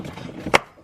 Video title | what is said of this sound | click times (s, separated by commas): C5 Corvette battery change + cleaning the udder on passenger side (optima battery) | bam just like that see how it clicked you guys heard it clicked | 0.6 s